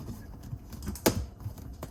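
A plastic corner mounting piece for the trunk cargo cover is pushed back and pops into place in the trunk corner trim of a Model Y, giving a sharp click at 1.0 s. Quieter ticks and handling noises come before and after it. The piece is seated.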